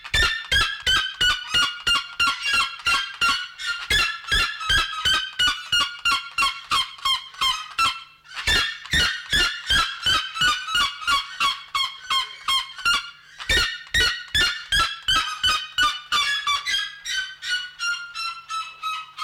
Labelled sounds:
Red-legged Seriema (Cariama cristata) call
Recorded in captivity
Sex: male
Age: adult
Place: Zoo Berlin, Berlin, DE
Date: 1994-01-08 11:10
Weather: wolkig bis sonnig, 6°C
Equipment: Marantz CP 430, Sennheiser MKH 416 T, Kopie Uher Variocord 263
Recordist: Tembrock, Günter

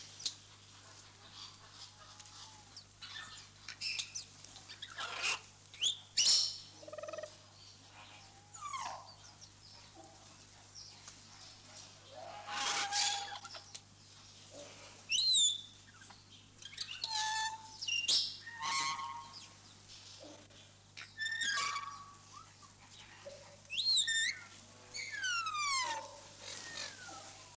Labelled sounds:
Grey Parrot (Psittacus erithacus) call
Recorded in captivity
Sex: pair
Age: adult
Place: Vogelpark Niendorf, Schleswig-Holstein, DE
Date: 2006-09-28
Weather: sonnig, 24°C
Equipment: Grundig CR 110, Sennheiser ME 80, Kopie Uher 4000 Report Monitor
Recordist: Tembrock, Günter

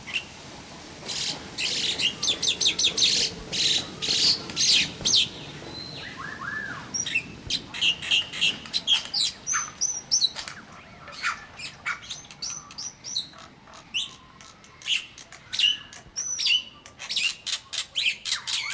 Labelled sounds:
Black-winged Starling (Acridotheres melanopterus) song
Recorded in captivity
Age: adult
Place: Zoo Berlin, Berlin, DE
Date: 1997-12-23 10:00
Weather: overcast, hazy, ca. 1-2°C
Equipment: Nagra SN, Kopie Uher 4000 Report Monitor
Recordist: Tembrock, Günter

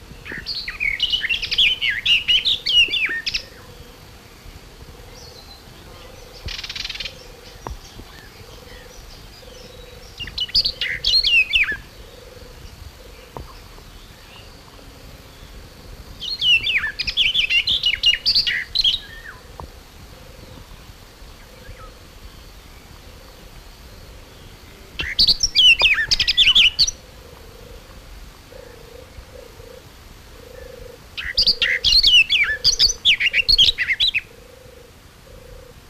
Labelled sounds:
Barred Warbler (Sylvia nisoria) song
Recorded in the wild
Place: Illmitz, AT
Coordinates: 47.7544, 16.7631
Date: 1964-05-18 08:00
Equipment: Uher Report 4000, AKG D190
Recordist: Krey, Winfried
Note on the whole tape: Gesang

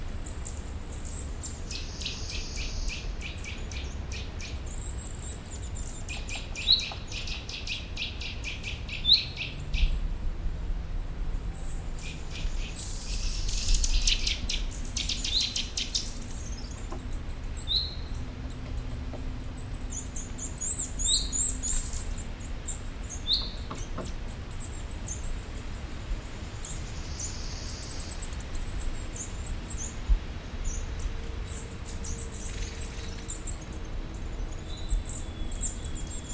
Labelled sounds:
Eurasian Nuthatch (Sitta europaea)
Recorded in the wild
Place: Runding, Bayrischer Wald, Bayern, DE
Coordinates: 49.2158, 12.8067
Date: 2004-06-30
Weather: fair, 15°C, weak to moderate winds
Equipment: Tascam DA-P1, Sennheiser MKH 70, Windkorb
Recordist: Frommolt, Karl-Heinz

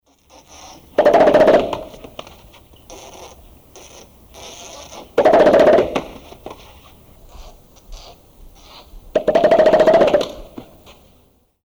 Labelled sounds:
Western Gorilla (Gorilla gorilla)
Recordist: Tembrock, Günter
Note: Brusttrommeln

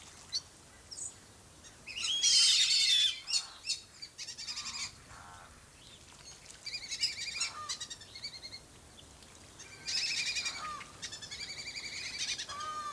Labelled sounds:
White-faced Whistling Duck (Dendrocygna viduata) call
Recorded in captivity
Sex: group
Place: Zoo Berlin, Berlin, DE
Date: 2003-09-26 17:45
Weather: fair, 16-17°C
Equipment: Fair Mate ST-1328 (Asahi Electronics, Japan), Sennheiser ME 80, Kopie Uher 4000 Report Monitor
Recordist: Tembrock, Günter

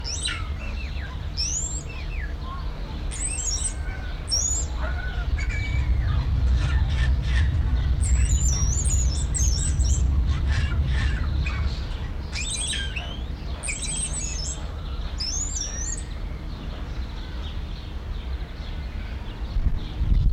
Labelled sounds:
Wattled Starling (Creatophora cinerea)
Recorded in captivity
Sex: male
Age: adult
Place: Zoo Berlin, Berlin, DE
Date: 1994-06-11 12:26
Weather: heiter, 12-16°C
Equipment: Marantz CP 430, Sennheiser ME 80, Kopie Uher Variocord 263
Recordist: Tembrock, Günter

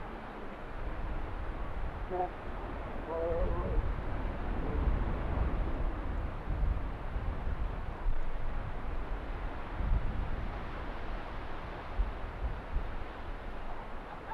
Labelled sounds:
Arctic Fox (Vulpes lagopus)
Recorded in the wild
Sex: diverse
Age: adult
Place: Insel Mednyi, Kommandeur-Inseln, RU
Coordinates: 54.5167, 168.083
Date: 1999-07-17 19:06
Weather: Nieselregen, 10°C, starker Südwestwind
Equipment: Sony WM-D6C, Sennheiser ME 80, K 30 AV, Windkorb, Kopie Tascam DA 30
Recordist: Jakupi, Antje

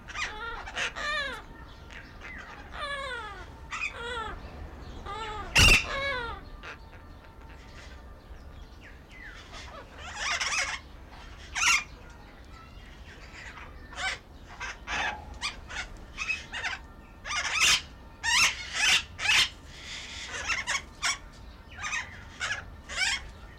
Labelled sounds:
Slender-billed Parakeet (Enicognathus leptorhynchus) call
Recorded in captivity
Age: adult
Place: Zoo Berlin, Berlin, DE
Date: 1995-02-11 12:27
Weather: bedeckt, 6°C
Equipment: Marantz CP 130, Sennheiser ME 80, Kopie Uher Variocord 263
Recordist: Tembrock, Günter

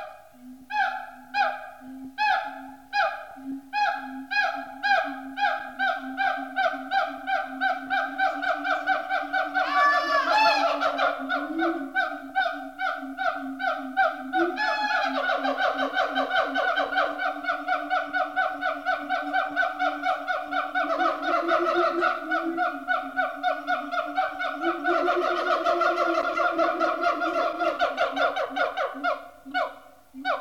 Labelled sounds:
Siamang (Symphalangus syndactylus)
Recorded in captivity
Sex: diverse
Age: diverse
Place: Zoo Dresden, Sachsen, DE
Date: 1986-09-10 13:30
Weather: sonnig, 18°C
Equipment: Nagra SN, Kopie Uher 4000 Report Monitor
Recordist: Tembrock, Günter

